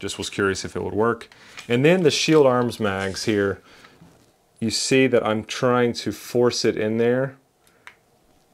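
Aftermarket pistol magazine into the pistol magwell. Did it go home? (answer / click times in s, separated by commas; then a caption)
no / none. Someone talks while forcing an aftermarket Shield Arms metal magazine into the magwell of a Shadow Systems CR920 pistol, and only a couple of faint, brief taps are heard near 7.7 and 7.9 seconds. The magazine catch does not engage, so nothing has seated or clicked, and the magazine can be pulled right back out.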